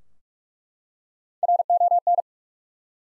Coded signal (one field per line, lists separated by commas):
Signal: Morse code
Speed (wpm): 42 wpm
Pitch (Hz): 700 Hz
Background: none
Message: RON